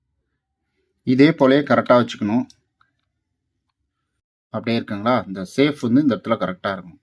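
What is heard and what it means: The plastic halves of a car remote key shell are being lined up over the battery compartment after a coin-cell battery change, while someone talks. A faint, brief tick is heard around 2.8 seconds between the stretches of talk. The shell halves have not snapped shut yet; nothing has seated or clicked yet.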